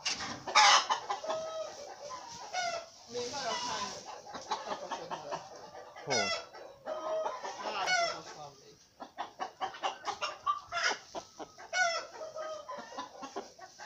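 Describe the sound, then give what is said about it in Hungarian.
A flock of chickens clucks continuously in overlapping, choppy bursts, with higher squawks and cackles breaking through, and a rooster's crow rising briefly above the busy chatter. “Jó, jó kakas volt.”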